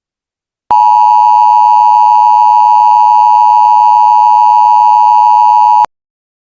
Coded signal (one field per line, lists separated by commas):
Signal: Emergency Alert System (SAME) tones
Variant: 853 and 960 Hz attention tone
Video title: How To Make EAS Scenario In Kinemaster [2021]